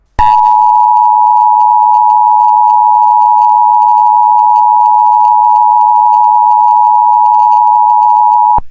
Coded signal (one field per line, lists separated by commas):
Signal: Emergency Alert System (SAME) tones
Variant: 853 and 960 Hz attention tone